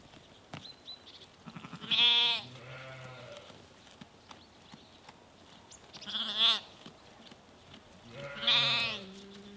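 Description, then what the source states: Sheep bleats: three loud, quavering, nasal calls a few seconds apart, with quieter sounds in between. Sheep from a small herd in Norway.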